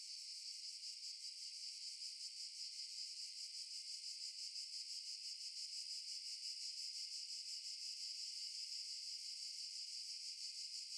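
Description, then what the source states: Cicada call as a long, even, high whirring drone made of fast pulses, steady for the whole stretch. In underbrush.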